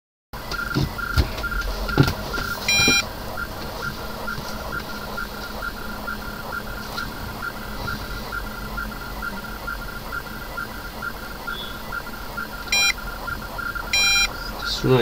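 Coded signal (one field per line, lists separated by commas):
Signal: HF data modem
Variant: AMTOR ARQ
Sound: rhythmic short chirping data bursts about twice a second, with occasional higher beeps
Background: radio static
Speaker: let's try to move in first let's wait for the link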